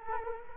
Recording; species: mosquito wingbeat signal from an infrared sensor; Culex quinquefasciatus